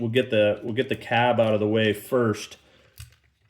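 Someone talks while handling the plastic cab section of an X-Transbots MX-41 Ground Bite transforming robot toy, moving it out of the way so it can click into the bucket assembly. A few faint plastic handling taps follow near the end, but nothing has seated or clicked yet.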